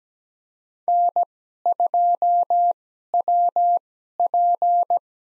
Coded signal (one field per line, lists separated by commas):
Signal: Morse code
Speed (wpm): 17 wpm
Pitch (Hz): 700 Hz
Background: none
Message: N2WP